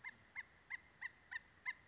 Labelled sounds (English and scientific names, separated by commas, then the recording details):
Acorn Woodpecker (Melanerpes formicivorus)
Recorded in Sonoma County, California